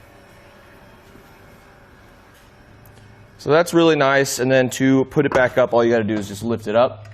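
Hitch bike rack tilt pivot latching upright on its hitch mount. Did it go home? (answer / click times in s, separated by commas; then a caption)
no / none. A tilted-down Kuat Sherpa 2.0 hitch bike rack for two bikes, on its hitch mount on a 2019 Nissan Rogue, is being lifted back toward its upright position, where its metal pivot latch will engage. A quiet stretch with faint low background noise lasts about three and a half seconds, then someone talks for the rest of the clip. Nothing has seated or clicked yet.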